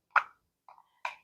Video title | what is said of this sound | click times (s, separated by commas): FGNORMAL Unboxing smashinthespecials | Okay, yep, it does. It snaps right in there. | 1.0 s